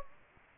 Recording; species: mosquito wingbeat signal from an infrared sensor; Anopheles gambiae